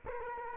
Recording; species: mosquito wingbeat signal from an infrared sensor; Culex quinquefasciatus